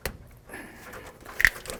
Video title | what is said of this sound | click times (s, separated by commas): How to Replace Taillights 2007-Present Toyota Tundra | listen for a click make sure that it's nice and tight | 1.4 s